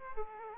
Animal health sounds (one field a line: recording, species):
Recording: mosquito wingbeat signal from an infrared sensor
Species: Aedes aegypti